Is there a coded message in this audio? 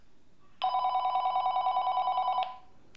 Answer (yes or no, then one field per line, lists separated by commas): no